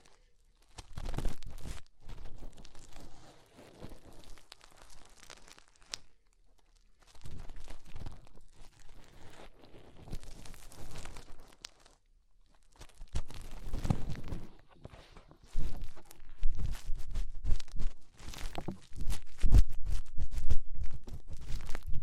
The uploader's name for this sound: Inner Ear Cleaning Using Fingers